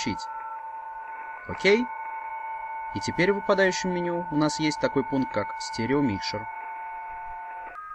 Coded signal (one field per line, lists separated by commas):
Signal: PSK31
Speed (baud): 31.25 baud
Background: speech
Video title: Как использовать WebSDR Online приемник + PSK31? (инструкция к применению)